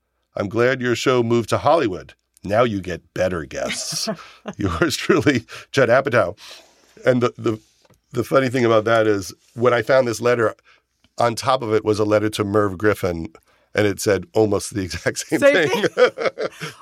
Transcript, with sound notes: I'm glad your show moved to Hollywood. Now you get better guests.
(Laughter).
Yours truly, Judd Apatow. And the funny thing about that is when I found this letter, on top of it was a letter to Merv Griffin. And it said almost the exact same thing.